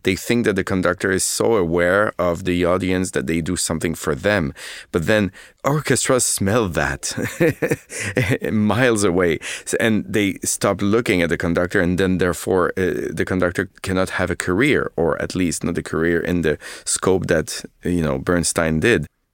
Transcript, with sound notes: They think that the conductor is so aware of the audience that they do something for them. But then orchestras smell that (laughter) miles away. And they stop looking at the conductor. And then, therefore, the conductor cannot have a career, or at least not a career in the scope that, you know, Bernstein did.